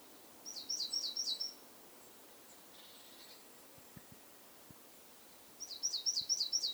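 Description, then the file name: Great tit repeating a brief phrase of high, ringing two-note units, heard twice with a quiet gap and a few soft clicks between. "Parus major"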